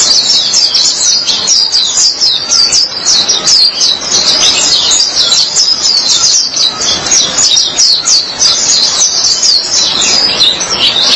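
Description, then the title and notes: White-eye song: constant high, fast twittering of thin chirps and trills, densely packed, with gentle background hiss. "Suara kicauan burung pleci"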